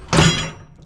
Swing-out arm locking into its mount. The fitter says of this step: this locks in place I'm going to go ahead and hop in